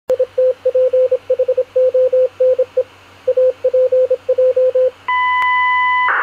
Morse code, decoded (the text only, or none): ITPHONE APJ